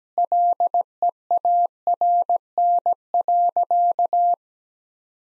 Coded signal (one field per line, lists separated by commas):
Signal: Morse code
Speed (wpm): 17 wpm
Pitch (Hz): 700 Hz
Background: none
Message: LEARN.